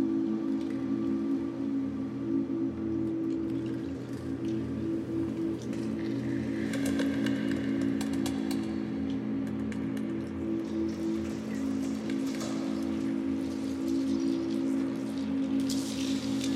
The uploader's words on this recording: This podcast provides a journey through an ocean soundscape of the future, with all sounds created from plastic objects found on a beach.